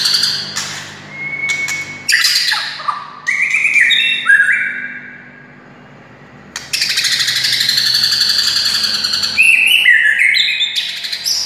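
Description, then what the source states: White-rumped shama song: rich whistled and buzzy phrases with swooping slurs, a pause of about two seconds, then a long sustained harsh, chattering passage. Wild bird.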